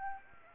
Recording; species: mosquito wingbeat signal from an infrared sensor; Aedes aegypti